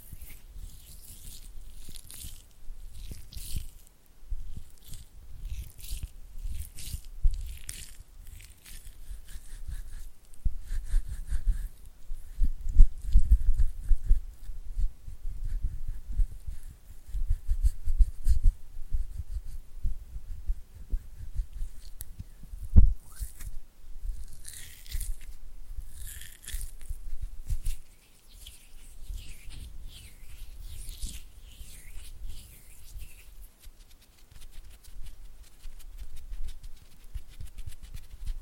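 Oily hands rub and fingers flutter in soft, irregular wet slides and dull thumps, with brief bright hissy squelches recurring throughout.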